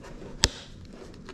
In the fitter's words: and push it in till it clicks.